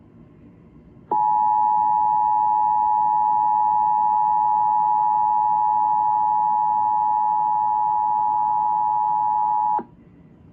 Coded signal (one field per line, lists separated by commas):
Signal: Emergency Alert System (SAME) tones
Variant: 853 and 960 Hz attention tone